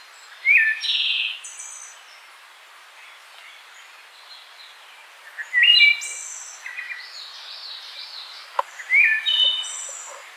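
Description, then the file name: Wood thrush song with three separate fluty phrases, each followed by a rapid high ethereal trill, spaced several seconds apart over steady light background noise. "Hylocichla mustelina - Wood Thrush"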